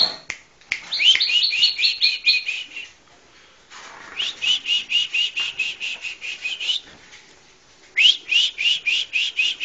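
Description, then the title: Bar-winged prinia song: runs of fast, high, sharp notes in three bursts of varying length, with a few soft clicks before the first. "Suara Burung Ciblek"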